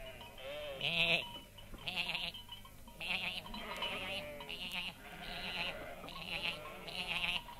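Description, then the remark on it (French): Theatre actors in the wings imitate an unseen goat, taking turns, letting out a steady run of wavering, nasal bleats, about seven in a row, fairly loud, with some calls overlapping as two voices bleat together. “Cette malheureuse chèvre, censée en coulisses, ne se révélait que par des bêlements que chaque acteur faisait à tour de rôle.”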